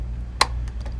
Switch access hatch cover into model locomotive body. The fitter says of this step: snaps back into place and the magnets hold it in place